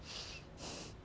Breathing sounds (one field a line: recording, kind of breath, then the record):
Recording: one breath in and out by a microphone near the nose and mouth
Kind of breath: strong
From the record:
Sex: male